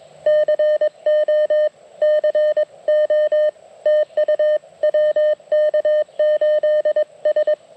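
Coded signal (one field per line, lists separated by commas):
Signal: Morse code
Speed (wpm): 21 wpm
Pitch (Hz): 1800 Hz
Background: none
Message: CO CO TU WK8S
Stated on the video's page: CW heard during the Flight of the Bumblebees event, the operator's first non-POTA CW event.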